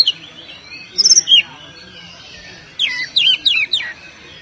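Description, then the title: Oriental magpie-robin song with a high sweet whistle, then a rapid series of four sharp, downslurred whistled notes; low faint hum behind. "Kacer"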